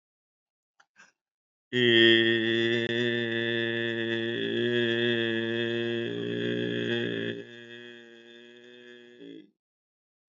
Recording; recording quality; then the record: sustained vowel as in made; excellent, no background noise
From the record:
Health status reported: healthy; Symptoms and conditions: none ticked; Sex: male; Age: 62 years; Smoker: not ticked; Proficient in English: yes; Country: India